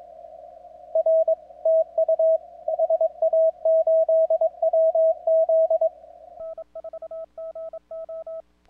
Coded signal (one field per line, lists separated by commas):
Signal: Morse code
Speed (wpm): 21 wpm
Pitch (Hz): 660 Hz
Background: radio noise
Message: R TU SA8WZ N4GO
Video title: WAE CW CONTROL Z N1MM TO SEND QTC